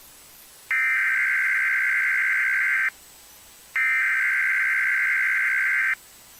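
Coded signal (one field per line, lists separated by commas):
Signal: Emergency Alert System (SAME) tones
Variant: header bursts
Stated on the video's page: Audio from a Pittsburgh EAS relay of a Child Abduction Emergency issued by the FBI for Texas.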